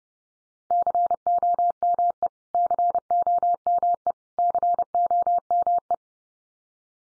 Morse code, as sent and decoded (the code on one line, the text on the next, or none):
-.-. --- -- . / -.-. --- -- . / -.-. --- -- .
COME COME COME